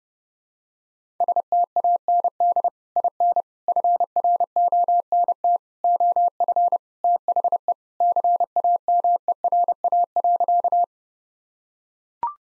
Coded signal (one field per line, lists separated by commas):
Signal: Morse code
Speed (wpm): 32 wpm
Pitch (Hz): 700 Hz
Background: none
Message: STAND IN FRONT OF THE CAMERA.